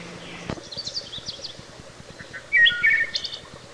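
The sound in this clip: Wood thrush song: soft low notes, then a clear fluted phrase near 2.5 seconds, with high, thin trilled flourishes before and after, over a steady low hum.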